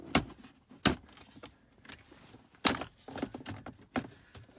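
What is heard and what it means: The plastic center console trim panel on an Alfa Romeo Giulia is pulled free on its second side, after the first side has already come loose. Its clips pop out with loud snaps at 0.2 and 0.9 seconds, and the panel is released. More sharp knocks and rustling follow through the rest of the clip.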